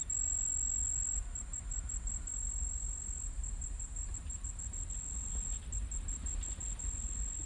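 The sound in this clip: Cricket giving a high, even trill that breaks into separate rapid pulses after the first second, against a steady low rumble.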